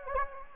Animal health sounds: mosquito wingbeat signal from an infrared sensor; Anopheles gambiae

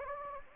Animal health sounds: mosquito wingbeat signal from an infrared sensor; Anopheles gambiae

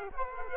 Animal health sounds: mosquito wingbeat signal from an infrared sensor; Culex quinquefasciatus

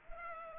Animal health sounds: mosquito wingbeat signal from an infrared sensor; Culex pipiens

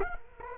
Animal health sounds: mosquito wingbeat signal from an infrared sensor; Culex quinquefasciatus

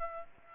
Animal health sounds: mosquito wingbeat signal from an infrared sensor; Aedes aegypti

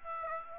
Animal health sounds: mosquito wingbeat signal from an infrared sensor; Aedes aegypti

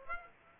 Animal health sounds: mosquito wingbeat signal from an infrared sensor; Aedes aegypti

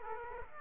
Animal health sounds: mosquito wingbeat signal from an infrared sensor; Aedes aegypti

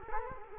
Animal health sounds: mosquito wingbeat signal from an infrared sensor; Culex quinquefasciatus

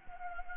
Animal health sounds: mosquito wingbeat signal from an infrared sensor; Anopheles gambiae

